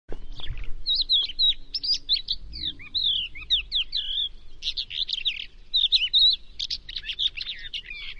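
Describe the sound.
Crested lark giving a run of quick high twittering notes and slurred whistles, nearly continuous.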